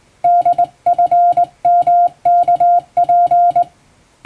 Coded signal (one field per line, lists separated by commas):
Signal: Morse code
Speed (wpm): 22 wpm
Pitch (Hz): 700 Hz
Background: music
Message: DFMKP